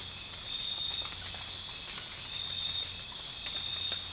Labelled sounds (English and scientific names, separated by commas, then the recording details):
none
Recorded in dense forest near Puerto Asís, Putumayo, Colombia, on 19 March 2025 at 01:00
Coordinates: 0.484, -76.317
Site G064